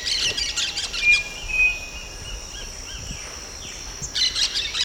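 Bird calls: high, scratchy twittering bursts at the start and end, with a thin sustained whistle between, over a hissy background.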